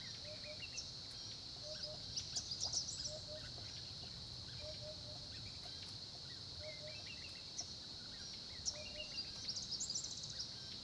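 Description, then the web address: Crickets keep up an unbroken high-pitched trill while short low notes repeat now and then and small birds twitter in the background. Background ambience of crickets recorded at a small pond in the Olifants area of Kruger National Park, South Africa, at 10:30 am. "Tonschliff - SOUTH AFRICAN CRICKETS BG South Africa Kruger Olifants 1030 am small pond"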